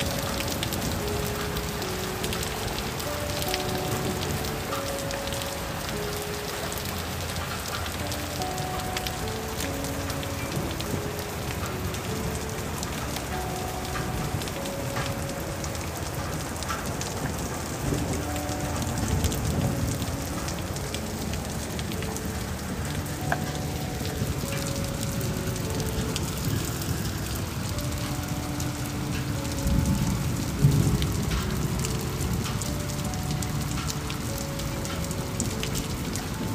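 Steady real rain falls throughout, a dense, even patter over a low rumble. Short tonal lines come and go in the middle range, likely birds calling at irregular intervals. Near thirty seconds the low rumble swells briefly, then settles back.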